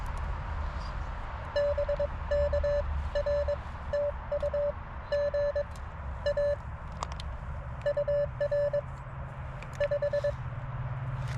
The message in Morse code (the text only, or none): BK R TU GA UR 5